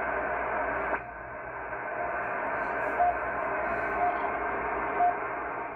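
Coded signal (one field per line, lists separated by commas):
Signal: radio time signal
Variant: RWM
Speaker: we're on 9996 kilohertz which is the is rwm Moscow time signal station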